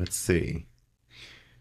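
Someone talks briefly while a socket bayonet of a different rifle pattern is tried on the muzzle of an Austrian Lorenz rifle, followed by a faint tick and then a soft, hissy metal scrape from about 1.1 to 1.6 s. The wrong-pattern bayonet will not fit the muzzle, and nothing has seated or clicked.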